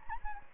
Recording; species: mosquito wingbeat signal from an infrared sensor; Anopheles gambiae